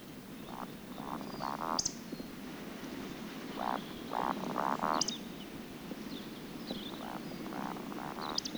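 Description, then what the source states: Eurasian Woodcock roding display: low croaking grunts in short bursts of three or four, each followed by a sharp, high squeaky whistle, repeating over a faint steady background hiss. Sweden.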